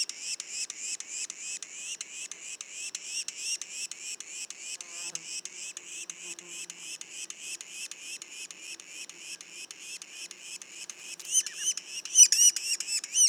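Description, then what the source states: Yellow-bellied sapsucker juveniles keep up a steady, high, nasal chatter of quick repeated notes, growing louder near the end. Juveniles, Mont-Orford National Park, Quebec.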